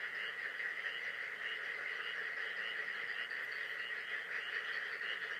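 Frogs call in a dense, continuous chorus of high, pulsing trills that blend into a steady shimmering wash.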